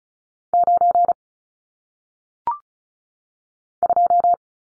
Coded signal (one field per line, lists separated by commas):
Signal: Morse code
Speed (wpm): 36 wpm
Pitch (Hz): 700 Hz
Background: none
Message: 9 2